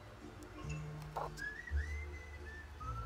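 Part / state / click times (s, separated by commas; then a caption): plastic retaining ring onto strut top mount bearing cage / not seated / none. A plastic retaining ring is handled against the cage of a Citroën C4 strut top mount bearing, its tabs being lined up with the slots in the cage before being pressed in to latch. Soft handling rustle and faint whistle-like tones are heard, with one brief louder knock near 1.7 s. Nothing has seated or clicked yet.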